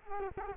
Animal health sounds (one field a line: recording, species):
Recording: mosquito wingbeat signal from an infrared sensor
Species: Culex quinquefasciatus